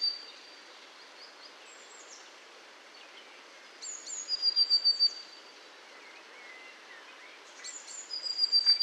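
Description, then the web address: Eurasian blue tit calling with thin, high notes, then a quick pulsed trill near four seconds and another at the very end, over a steady background hiss. Recorded at Valsolda. "cibra valsolda. Cinciarella"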